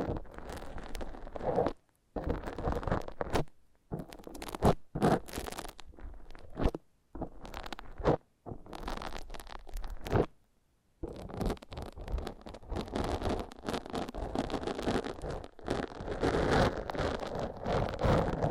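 Foam massage: dense rubbing and scraping strokes, rough and continuous, broken by several short silences, mostly in the first ten seconds.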